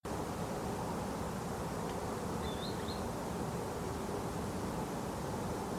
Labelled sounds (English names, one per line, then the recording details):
Green Sandpiper
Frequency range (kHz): Green Sandpiper 3.2-4.6 kHz
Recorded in France